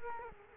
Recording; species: mosquito wingbeat signal from an infrared sensor; Culex quinquefasciatus